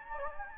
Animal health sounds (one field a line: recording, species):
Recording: mosquito wingbeat signal from an infrared sensor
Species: Anopheles gambiae